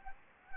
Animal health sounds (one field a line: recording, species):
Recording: mosquito wingbeat signal from an infrared sensor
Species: Anopheles gambiae